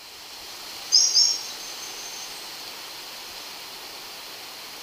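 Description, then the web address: Orange-bellied euphonia uttering one high double note, quick and thin, near the beginning, then only even background hiss. Ecuador. "Natures Songs S America Birds of Ecuador Orange-bellied Euphonia"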